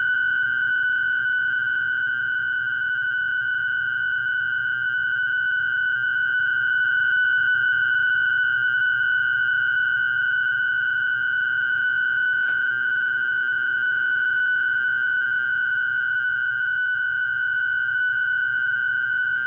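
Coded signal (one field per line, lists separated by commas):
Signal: fast PSK data mode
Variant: PSKR mode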